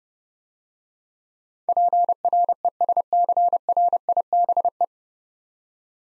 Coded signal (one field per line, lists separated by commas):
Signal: Morse code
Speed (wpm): 30 wpm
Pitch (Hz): 700 Hz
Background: none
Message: PRESCRIBE